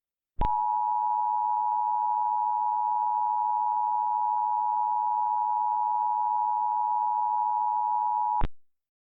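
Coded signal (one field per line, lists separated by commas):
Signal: Emergency Alert System (SAME) tones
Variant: 853 and 960 Hz attention tone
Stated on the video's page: Mock remake of a tornado warning made with an EASyPLUS screen; not a real broadcast.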